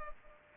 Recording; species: mosquito wingbeat signal from an infrared sensor; Culex pipiens